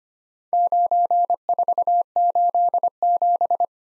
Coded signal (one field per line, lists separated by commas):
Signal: Morse code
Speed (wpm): 25 wpm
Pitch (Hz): 700 Hz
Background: none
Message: 9487